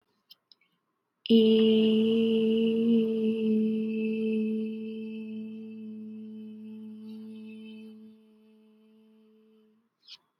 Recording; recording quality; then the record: sustained vowel as in made; excellent, no background noise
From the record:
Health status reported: healthy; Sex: female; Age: 20 years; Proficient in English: yes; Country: India